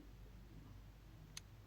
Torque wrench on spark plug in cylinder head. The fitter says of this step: hear the click of the torque wrench right there and